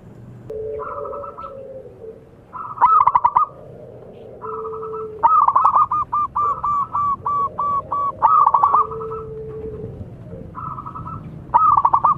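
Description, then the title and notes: Zebra dove song, long run of rapid, evenly spaced clipped coo notes between shorter phrases, with lower cooing from another dove behind. Zebra dove (perkutut) singing actively (gacor). "Pancingan Perkutut Durasi Panjang. Suara Burung Perkutut Gacor"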